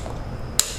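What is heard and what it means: A spark plug is tightened into the cylinder head of a 2.4 engine (Chrysler 200, Ram ProMaster City, Fiat 500X, 500, Toro) with a click-type torque wrench set to 20 ft-lb, a value found online. Against a quiet background, a single sharp, bright click rings out at 0.6 s as the wrench releases. It marks the set torque being reached, a perfect torque.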